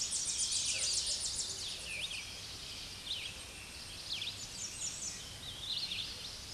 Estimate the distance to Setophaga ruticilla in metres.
about 45 m